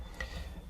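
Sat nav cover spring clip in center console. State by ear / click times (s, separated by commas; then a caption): released / 0.2 s. While the sat nav cover is being removed from the center console of a glass-key Aston Martin, one of its two small spring clips is freed by hand with a finger. A single short, sharp click sounds at 0.2 s, and the clip releases.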